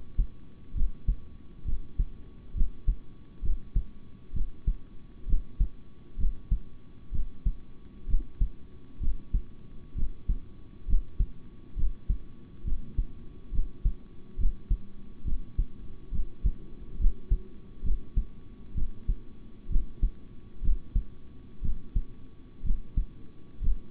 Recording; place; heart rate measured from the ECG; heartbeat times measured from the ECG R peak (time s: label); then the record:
heart sounds by stethoscope; between the tricuspid and mitral areas; 66 bpm
0.74 s: heartbeat
1.65 s: heartbeat
2.54 s: heartbeat
3.42 s: heartbeat
4.33 s: heartbeat
5.26 s: heartbeat
6.17 s: heartbeat
7.11 s: heartbeat
8.07 s: heartbeat
9.00 s: heartbeat
9.95 s: heartbeat
10.86 s: heartbeat
11.76 s: heartbeat
12.64 s: heartbeat
13.51 s: heartbeat
14.37 s: heartbeat
15.24 s: heartbeat
16.11 s: heartbeat
16.98 s: heartbeat
17.83 s: heartbeat
18.74 s: heartbeat
19.69 s: heartbeat
20.61 s: heartbeat
21.61 s: heartbeat
22.63 s: heartbeat
23.60 s: heartbeat
From the record:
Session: rest, sitting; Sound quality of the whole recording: good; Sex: male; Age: 26 years